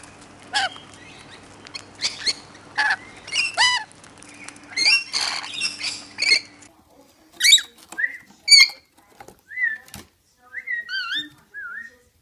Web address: sound Rainbow-lorikeet. صدای پرنده لوریکیت رنگین کمانی